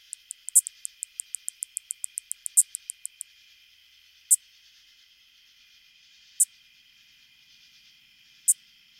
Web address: The Songs of Insects. Greater Angle-wing Katydid